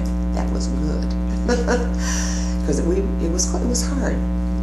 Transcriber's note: laughter